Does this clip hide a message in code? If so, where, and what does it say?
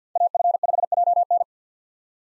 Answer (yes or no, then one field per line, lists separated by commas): yes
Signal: Morse code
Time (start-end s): 0.2-1.4 s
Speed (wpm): 50 wpm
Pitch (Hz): 700 Hz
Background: none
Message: AF5JN